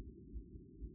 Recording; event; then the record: neck accelerometer signal played as sound; no cough (speech, laughter, throat clearing or background)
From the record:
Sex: male